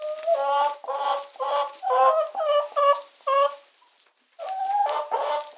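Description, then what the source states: Chicken giving a string of about seven harsh squawks roughly every half second, a short silence, then a longer wavering cry. Chicken giving distress calls.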